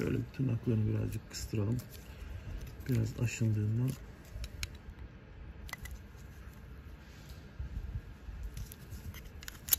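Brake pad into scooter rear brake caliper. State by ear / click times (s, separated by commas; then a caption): not seated / none. A rear brake pad with its metal tabs slightly squeezed is pushed into the rear brake caliper of a TGB X-Motion 250 scooter. Someone talks for the first four seconds, then sharp metallic ticks and scrapes come at about 4.4, 4.6, 5.7, 8.7, 9.5 and 9.7 seconds. The pad does not seat, and nothing has clicked into place.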